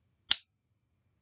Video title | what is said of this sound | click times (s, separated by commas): Filling and Inserting an Omnipod Dash Pod with AAPS | and there you could hear that loud click that was what I just inserted and it's just kind of a little pinch | 0.3 s